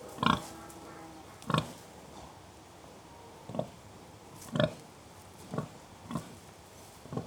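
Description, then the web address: Pig grunts, several sharp, clipped grunts at irregular intervals against a quiet hiss. Three pigs grunting occasionally; livestock. "BBC Sound Effects Library BBC Livestock Three Pigs Grunting Occasionally"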